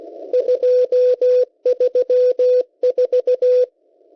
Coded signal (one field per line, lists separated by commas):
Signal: Morse code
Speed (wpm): 16 wpm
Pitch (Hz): 500 Hz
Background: radio noise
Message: 234